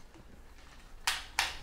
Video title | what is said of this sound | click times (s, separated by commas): Can This $50 Gadget Dry Your Clothes on the Go? | lock into place right now the the arms go out and there's a little lever here that pulls down | 1.1 s, 1.4 s